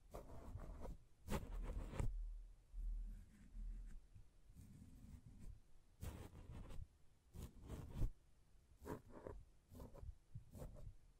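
Hand sounds on a microphone: tapping, scratching and brushing in uneven bursts. Sharp bright scrapes land around 1, 2, 6, 7.5, 8 and 9 seconds, with deep low thumps and rumbling rubs between them. Short quieter gaps separate the busier moments.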